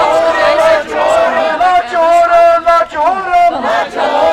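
A loud, angry crowd protesting against CIDI over the Palestinian genocide, on 18 May 2025, shouts and chants continuously, many raised voices overlapping in a dense, sustained roar with no pause for the whole stretch.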